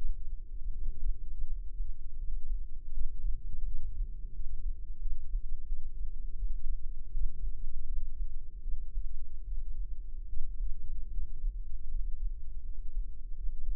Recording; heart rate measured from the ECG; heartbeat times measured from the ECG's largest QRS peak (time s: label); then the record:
heart sounds by microphone in the left ear; 81 bpm
0.71 s: heartbeat
1.46 s: heartbeat
2.17 s: heartbeat
2.91 s: heartbeat
3.64 s: heartbeat
4.33 s: heartbeat
4.99 s: heartbeat
5.66 s: heartbeat
6.35 s: heartbeat
7.11 s: heartbeat
7.86 s: heartbeat
8.61 s: heartbeat
9.43 s: heartbeat
10.27 s: heartbeat
11.11 s: heartbeat
11.88 s: heartbeat
12.62 s: heartbeat
13.34 s: heartbeat
From the record:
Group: healthy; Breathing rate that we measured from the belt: 18 breaths a minute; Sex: male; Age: 21 years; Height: 180 cm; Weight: 67.5 kg